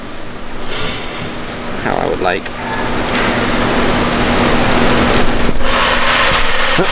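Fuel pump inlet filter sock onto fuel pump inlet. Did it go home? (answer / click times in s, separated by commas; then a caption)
no / none. Someone talks while lining up a fuel pump inlet filter sock on the fuel pump inlet of a C6 Z06 fuel system, orienting it before pressing it on. Soft handling rustles come through over a steady mechanical hum, with a brief scraping around 2 seconds. The sock has not clicked in yet; it is held off until its orientation is right.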